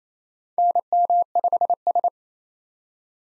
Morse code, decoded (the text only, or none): NM5S